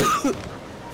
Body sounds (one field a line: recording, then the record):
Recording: coughing mixed with background sound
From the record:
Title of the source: Wet coughing